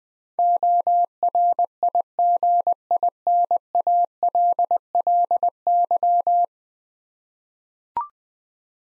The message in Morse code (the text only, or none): ORIGINALLY